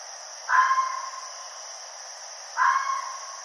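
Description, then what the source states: Red fox calls: two short, harsh barking cries about two seconds apart, each trailing into a drawn-out fading tail, over a steady high hiss. Recorded 29 June 2012.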